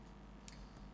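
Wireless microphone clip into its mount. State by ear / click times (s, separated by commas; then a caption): seated / 0.5 s. A small wireless microphone clip is fitted into its mount during a podcast setup. A sharp, brief click at 0.5 s stands out above a quiet, steady background, and the clip snaps into place.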